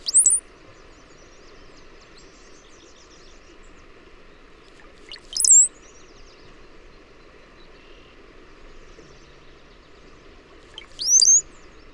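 Bird song: three short, high, sharp chirping phrases, one about every five to six seconds, with a steady low hum underneath.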